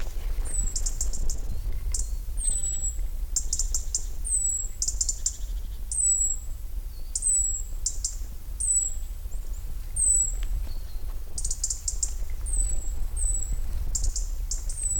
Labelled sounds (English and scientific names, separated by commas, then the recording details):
European Robin (Erithacus rubecula) call
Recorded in the wild
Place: Schluft, Schorfheide, Brandenburg, DE
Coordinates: 52.95, 13.45
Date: 1996-08-04 10:35
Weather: wolkig, 14-17°C
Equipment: Sony MD-WM MZ-R3, Sennheiser ME 80, Kopie Uher 4000 Report Monitor
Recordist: Tembrock, Günter